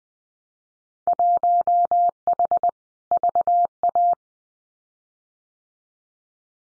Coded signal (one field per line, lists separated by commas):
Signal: Morse code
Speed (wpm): 20 wpm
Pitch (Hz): 700 Hz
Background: none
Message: 1H VA